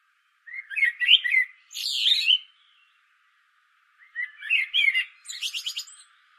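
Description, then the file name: Common blackbird song, two phrases of mellow warbling that end in rapid, scratchy high-pitched twitters. "Turdus merula"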